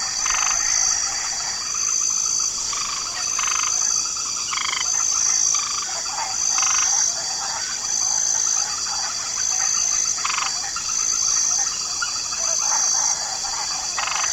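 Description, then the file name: Light frog chorus of raspy pulsed croaks scattered irregularly, set against a constant high-pitched insect whine with recurring faint whistles. Light chorus of frogs in a swamp ambience. "Swamp Ambience 2 Special Mix Light Chorus of Frogs"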